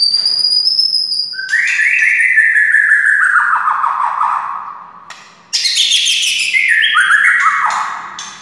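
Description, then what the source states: White-rumped shama song: a high steady whistle, then loud slurred whistles sliding downward in stepped phrases, a short pause, and more bright descending whistled notes. Wild white-rumped shama (murai hutan).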